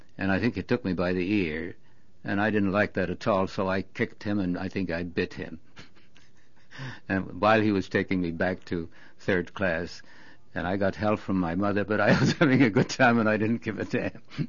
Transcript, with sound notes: And I think he took me by the ear, and I didn't like that at all so I kicked him and I think I bit him. ( he laughs ) While he was taking me back to Third Class. And I got hell from my mother, but I was having a good time and I didn't give a damn.